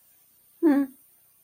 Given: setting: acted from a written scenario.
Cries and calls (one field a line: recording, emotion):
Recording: vocal sound without words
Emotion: neutral